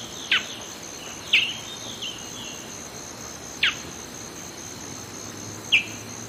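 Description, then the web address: Black-billed Seed-Finch calling, four abrupt high notes at uneven intervals against a continuous insect drone. Ecuador. "Birds of Ecuador Black-Billed Seed-Finch"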